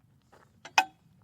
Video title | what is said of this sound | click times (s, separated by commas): etrailer - Benton ShiftShow Bike Rack for 4 Bikes Review - 2025 Nissan Kicks - B94FR | It'll click into place. | 0.8 s